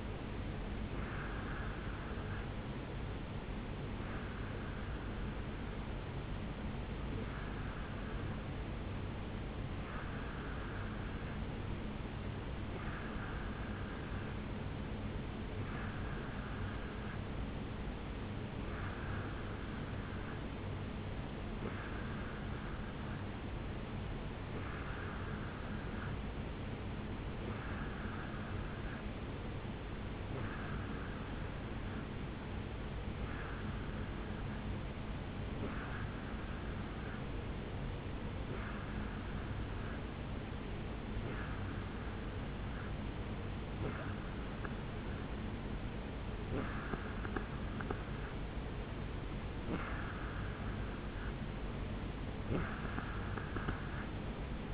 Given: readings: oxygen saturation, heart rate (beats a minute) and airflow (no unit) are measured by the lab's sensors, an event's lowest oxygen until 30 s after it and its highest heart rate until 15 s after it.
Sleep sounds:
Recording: breathing in sleep by a voice recorder at the bedside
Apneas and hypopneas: 1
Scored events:
9.00-46.90 s: hypopnea (N2, oxygen 91% highest, then 88% lowest, heart rate 70 at the start, 73 highest)
12.00-54.74 s: new sleep stage, N3 (deep sleep)
From the record:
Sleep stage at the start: N2 (light sleep)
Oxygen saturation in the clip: 89 to 91%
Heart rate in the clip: 68 to 72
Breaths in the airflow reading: 19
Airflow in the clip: -3.9 to 2.5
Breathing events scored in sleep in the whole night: 449 in 7.0 hours asleep

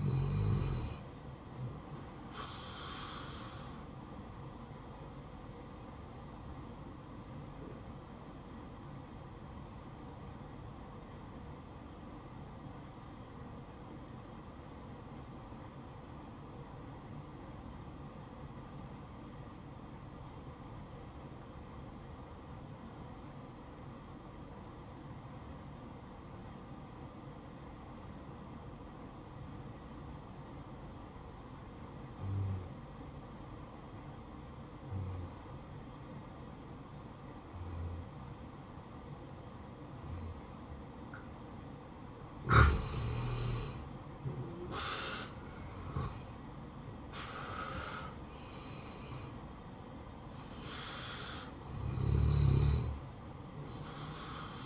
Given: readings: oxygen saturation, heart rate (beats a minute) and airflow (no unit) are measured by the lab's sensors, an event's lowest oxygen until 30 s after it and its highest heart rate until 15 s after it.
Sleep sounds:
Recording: breathing in sleep by a smartphone at the bedside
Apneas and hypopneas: 1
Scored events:
11.00-44.20 s: obstructive apnea (N1, oxygen 96% highest, then 85% lowest, heart rate 60 at the start, 70 highest)
19.00-49.00 s: new sleep stage, N2 (light sleep)
49.00-54.66 s: new sleep stage, N1 (lightest sleep)
From the record:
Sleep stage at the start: N1 (lightest sleep)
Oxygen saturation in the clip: 85 to 96%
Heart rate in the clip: 59 to 70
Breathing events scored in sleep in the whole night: 573 in 9.8 hours asleep

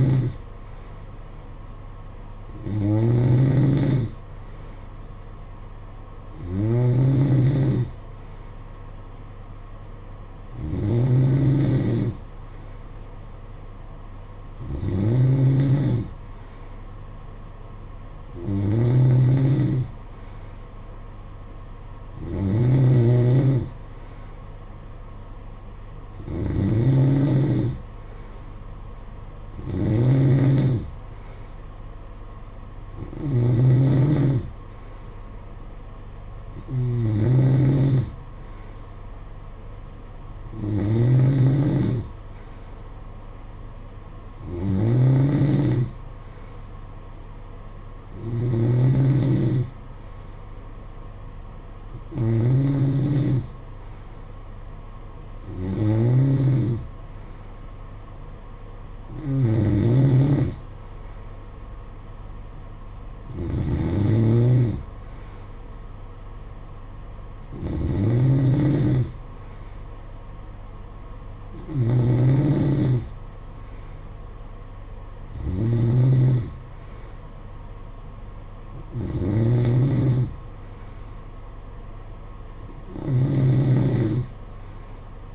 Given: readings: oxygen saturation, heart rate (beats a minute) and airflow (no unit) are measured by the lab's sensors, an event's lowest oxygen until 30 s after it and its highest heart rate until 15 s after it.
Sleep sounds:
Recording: breathing in sleep by a smartphone at the bedside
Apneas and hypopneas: none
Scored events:
47.00-77.00 s: new sleep stage, N3 (deep sleep)
77.00-85.35 s: new sleep stage, N2 (light sleep)
From the record:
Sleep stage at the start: N2 (light sleep)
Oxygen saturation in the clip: 92 to 93%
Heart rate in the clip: 51 to 58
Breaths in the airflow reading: 23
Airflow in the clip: -9.2 to 6.6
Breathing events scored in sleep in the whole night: 476 in 9.7 hours asleep

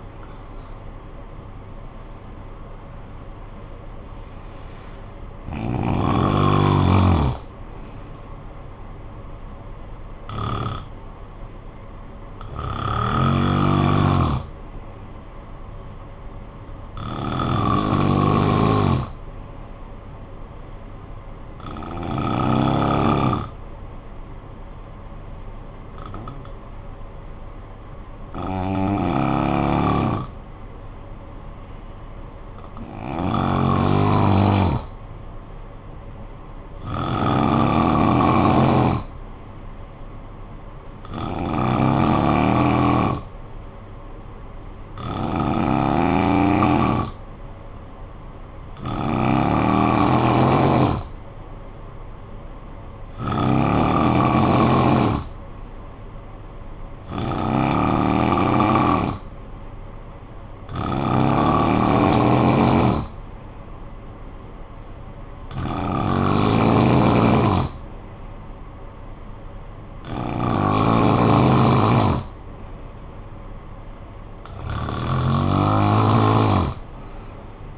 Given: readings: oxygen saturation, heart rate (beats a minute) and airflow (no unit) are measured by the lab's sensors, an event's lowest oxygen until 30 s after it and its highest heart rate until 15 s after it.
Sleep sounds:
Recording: breathing in sleep by a smartphone at the bedside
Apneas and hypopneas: 1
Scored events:
26.00-52.20 s: hypopnea (N2, oxygen 96% highest, then 90% lowest, heart rate 51 at the start, 58 highest)
From the record:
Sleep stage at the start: N2 (light sleep)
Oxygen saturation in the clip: 89 to 96%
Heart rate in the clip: 51 to 75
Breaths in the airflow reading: 19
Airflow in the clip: -11.0 to 8.7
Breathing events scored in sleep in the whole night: 445 in 7.6 hours asleep

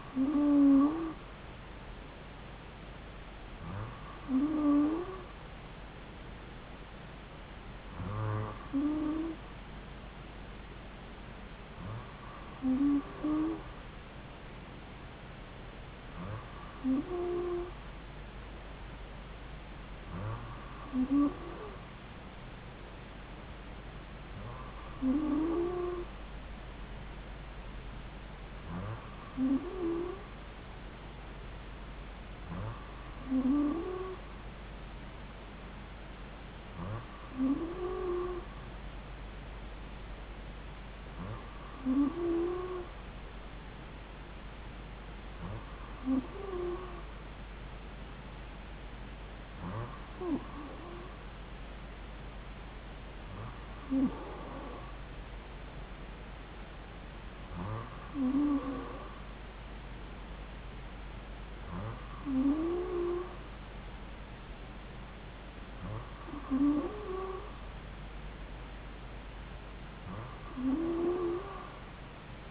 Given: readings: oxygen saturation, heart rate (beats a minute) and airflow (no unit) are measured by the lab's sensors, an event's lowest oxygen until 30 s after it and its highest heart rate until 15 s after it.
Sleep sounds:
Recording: breathing in sleep by a voice recorder at the bedside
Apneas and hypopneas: none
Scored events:
11.00-41.00 s: new sleep stage, N3 (deep sleep)
41.00-72.51 s: new sleep stage, N2 (light sleep)
From the record:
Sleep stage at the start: N2 (light sleep)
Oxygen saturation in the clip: 94%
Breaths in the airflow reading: 18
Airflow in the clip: -2.4 to 2.1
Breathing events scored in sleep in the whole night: 270 in 6.1 hours asleep

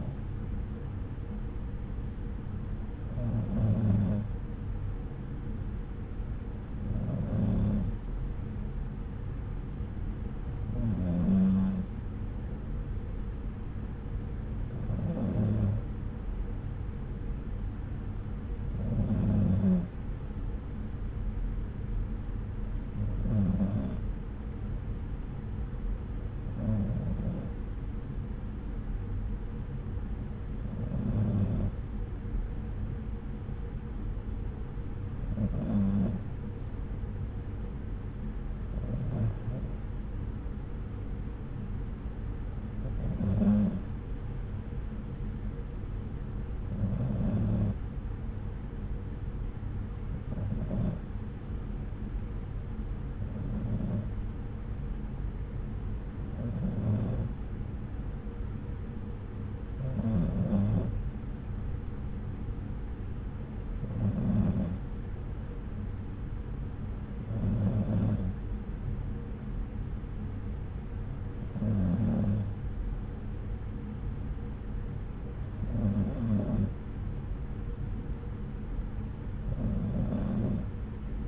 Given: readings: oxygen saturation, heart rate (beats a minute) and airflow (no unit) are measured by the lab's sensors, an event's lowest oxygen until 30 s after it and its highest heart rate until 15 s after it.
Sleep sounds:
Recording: breathing in sleep by a smartphone at the bedside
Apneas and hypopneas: none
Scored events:
none scored
From the record:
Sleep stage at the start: N2 (light sleep)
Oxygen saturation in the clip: 93 to 94%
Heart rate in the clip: 64 to 69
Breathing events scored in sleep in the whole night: 303 in 8.1 hours asleep

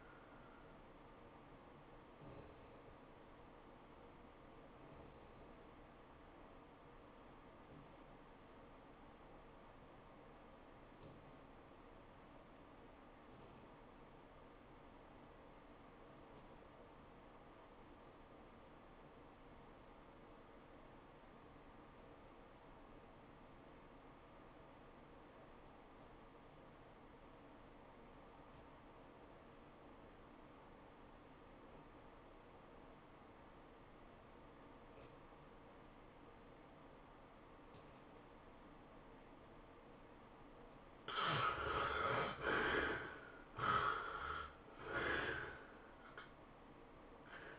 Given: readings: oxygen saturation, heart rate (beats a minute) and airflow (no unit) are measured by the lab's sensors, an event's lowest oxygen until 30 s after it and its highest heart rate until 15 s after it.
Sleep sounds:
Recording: breathing in sleep by a voice recorder at the bedside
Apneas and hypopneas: 1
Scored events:
4.00-41.30 s: obstructive apnea (REM, oxygen 97% highest, then 64% lowest, heart rate 101 at the start, 112 highest)
From the record:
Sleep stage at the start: REM sleep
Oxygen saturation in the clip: 71 to 97%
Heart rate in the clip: 86 to 112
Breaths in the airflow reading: 3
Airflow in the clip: -12.5 to 8.7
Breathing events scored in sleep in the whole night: 403 in 5.5 hours asleep

